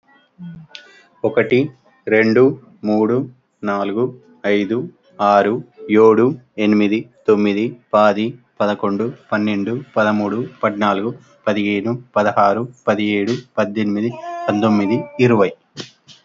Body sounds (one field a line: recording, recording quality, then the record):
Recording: counting at a normal pace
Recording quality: excellent, no background noise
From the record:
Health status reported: healthy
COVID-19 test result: not tested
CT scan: not taken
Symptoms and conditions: none ticked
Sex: male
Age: 39 years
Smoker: no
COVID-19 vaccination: none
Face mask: not worn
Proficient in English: yes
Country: India